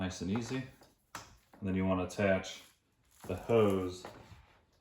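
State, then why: Not seated. Someone talks while handling the hose of a Shark Vertex DuoClean PowerFins Upright Vacuum with Powered Lift-away and Self-Cleaning Brushroll, bringing it toward the dustbin inlet. A brief sharp sound occurs near 1.2 s between stretches of speech. The hose has not yet clicked or seated into the dustbin.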